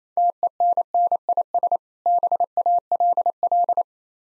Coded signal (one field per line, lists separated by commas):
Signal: Morse code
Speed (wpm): 28 wpm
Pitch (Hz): 700 Hz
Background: none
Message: TENNIS BALL